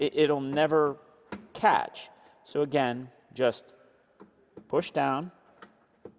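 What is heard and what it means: A removable agitator for a Whirlpool 2-in-1 washer is being handled and pushed down onto the washer's drive hub while someone talks. A few faint, short taps and knocks sound between about 4.2 and 6.1 seconds. The agitator has not clicked or seated into place yet.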